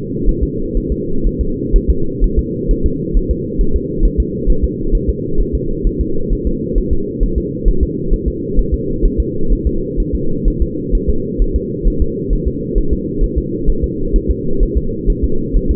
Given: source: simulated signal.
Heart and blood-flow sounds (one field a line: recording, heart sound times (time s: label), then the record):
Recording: fetal heart sounds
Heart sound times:
0.29 s: S1
0.43 s: S2
0.77 s: S1
0.92 s: S2
1.27 s: S1
1.41 s: S2
1.76 s: S1
1.90 s: S2
2.24 s: S1
2.39 s: S2
2.71 s: S1
2.86 s: S2
3.17 s: S1
3.31 s: S2
3.61 s: S1
3.76 s: S2
4.05 s: S1
4.20 s: S2
4.50 s: S1
4.64 s: S2
4.95 s: S1
5.09 s: S2
5.41 s: S1
5.55 s: S2
5.87 s: S1
6.01 s: S2
6.33 s: S1
6.47 s: S2
6.78 s: S1
6.93 s: S2
7.23 s: S1
7.38 s: S2
7.68 s: S1
7.83 s: S2
8.13 s: S1
8.28 s: S2
8.59 s: S1
8.74 s: S2
9.05 s: S1
9.20 s: S2
9.52 s: S1
9.67 s: S2
10.00 s: S1
10.15 s: S2
10.48 s: S1
10.62 s: S2
10.95 s: S1
11.10 s: S2
11.42 s: S1
11.56 s: S2
11.88 s: S1
12.02 s: S2
12.33 s: S1
12.48 s: S2
12.78 s: S1
12.93 s: S2
13.24 s: S1
13.38 s: S2
13.70 s: S1
13.84 s: S2
14.16 s: S1
14.31 s: S2
14.63 s: S1
14.77 s: S2
15.10 s: S1
15.24 s: S2
15.56 s: S1
15.71 s: S2
From the record:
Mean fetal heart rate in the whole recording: 130 bpm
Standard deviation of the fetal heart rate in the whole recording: 4 bpm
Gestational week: 38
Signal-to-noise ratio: -8.1 dB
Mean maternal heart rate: 72 bpm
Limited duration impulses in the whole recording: absent